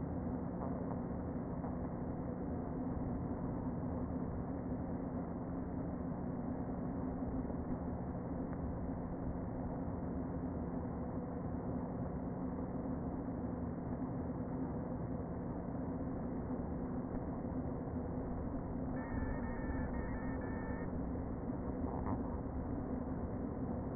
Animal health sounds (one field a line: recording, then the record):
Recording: honeybee colony, microphone inside the hive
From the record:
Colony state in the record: queen present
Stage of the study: before two queens were removed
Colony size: about 60,000 bees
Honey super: yes